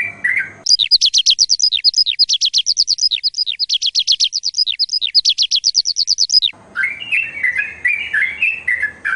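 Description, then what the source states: Bird song of fast, high, sweeping chirps in a long even series, then a lower scratchy chatter taking over near the end. A mix of bird songs made for training birds.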